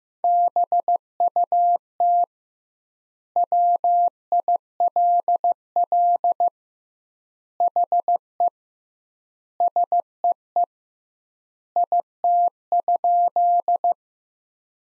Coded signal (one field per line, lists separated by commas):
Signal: Morse code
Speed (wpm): 15 wpm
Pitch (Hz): 700 Hz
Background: none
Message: BUT WILL HE SEE IT?